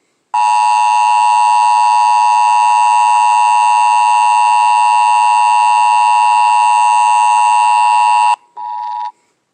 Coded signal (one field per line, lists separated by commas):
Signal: Emergency Alert System (SAME) tones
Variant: 853 and 960 Hz attention tone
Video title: Emergency Alert System Thomas & Friends Talking Flynn